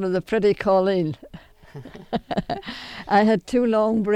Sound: she laughs

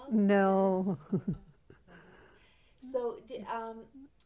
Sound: chuckles

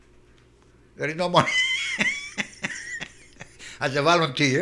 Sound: he laughs

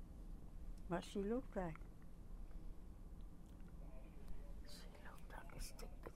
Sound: whispers

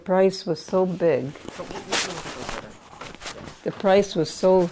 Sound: disturbance to the microphone

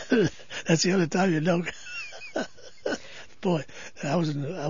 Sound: he laughs

